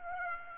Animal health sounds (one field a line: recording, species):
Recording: mosquito wingbeat signal from an infrared sensor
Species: Aedes aegypti